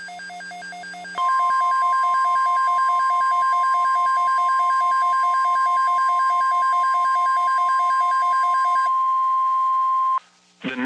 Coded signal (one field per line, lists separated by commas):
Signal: Emergency Alert System (SAME) tones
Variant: 1050 Hz attention tone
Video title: EAS 1447 (Tornado Watch #4)